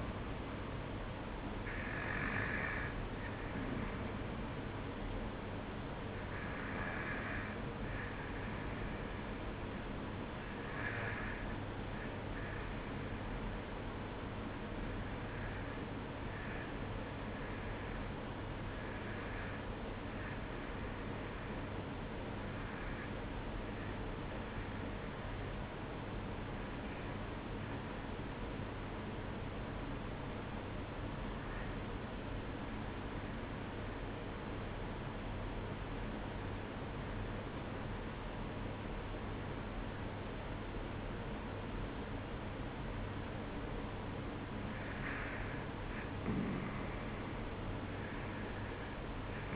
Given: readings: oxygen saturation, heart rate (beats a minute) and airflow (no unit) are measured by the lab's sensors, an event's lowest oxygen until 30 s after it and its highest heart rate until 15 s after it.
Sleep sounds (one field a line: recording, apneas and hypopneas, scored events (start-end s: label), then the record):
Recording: breathing in sleep by a voice recorder at the bedside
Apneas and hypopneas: 1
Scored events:
7.00-37.00 s: new sleep stage, N2 (light sleep)
9.00-44.60 s: hypopnea (N2, oxygen 94% highest, then 91% lowest, heart rate 54 at the start, 61 highest)
37.00-49.55 s: new sleep stage, REM sleep
From the record:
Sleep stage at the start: N1 (lightest sleep)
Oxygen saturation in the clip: 92 to 94%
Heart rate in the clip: 53 to 61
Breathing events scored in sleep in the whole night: 305 in 9.6 hours asleep